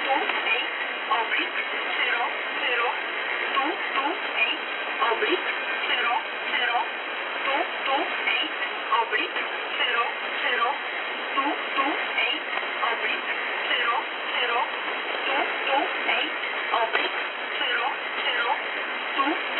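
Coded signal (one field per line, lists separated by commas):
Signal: numbers station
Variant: E11 Oblique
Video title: E11 Oblique, Warsaw, Poland, Numbers Station, 228/00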